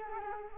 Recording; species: mosquito wingbeat signal from an infrared sensor; Culex quinquefasciatus